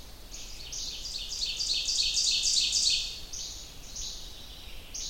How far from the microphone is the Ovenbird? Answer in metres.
about 15 m